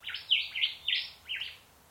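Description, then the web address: Bird calls: several short chirpy notes in quick succession, over a faint low background hum. Unidentified bird calling in mangroves. "Sound Effects-Foundation 1 BIRD UNKNOWN MAGROVES CALL"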